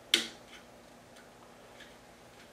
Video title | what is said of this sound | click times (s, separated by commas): How To Change Nozzle Size & Hotend Type, on Bambu Lab A1 & A1 Mini. Config Bambu Studio - 3D Printer | you may actually hear the nozzle snap into place | 0.1 s